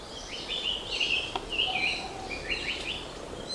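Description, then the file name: Japanese paradise flycatcher singing a series of slurred, warbling whistled phrases, rising and falling quickly, over a steady background hiss. Recorded 1 June 2015. "20150601 sankouchou"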